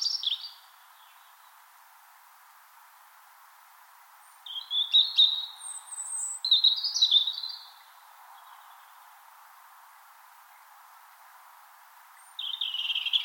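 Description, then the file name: European robin song: a brief high phrase at the start, a longer tumbling warbled phrase of thin whistles and trills midway, then another phrase beginning at the end, separated by silent pauses. Spring morning song, Finland. "Punarinta lauri hallikainen"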